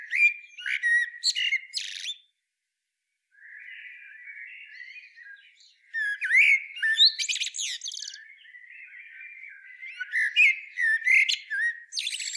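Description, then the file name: Common blackbird delivering repeated phrases of rich warbling notes, each finishing with shrill, squeaky high twitters, after a brief pause early on. "Turdus merula"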